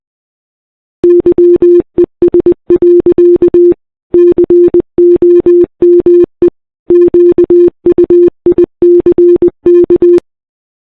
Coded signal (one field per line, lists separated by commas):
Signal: Morse code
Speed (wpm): 21 wpm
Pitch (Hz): 350 Hz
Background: none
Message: YES. COME QUICK